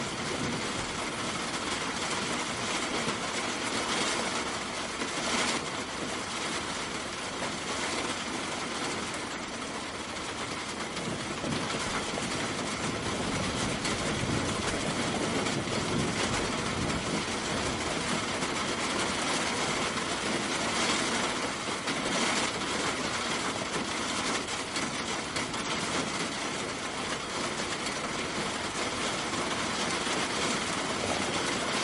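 Rain falls in a steady, dense wash of hiss that fills all thirty-two seconds without pause. A low rumbling undertone runs beneath it, and the downpour swells slightly at a few moments but never breaks into separate drops.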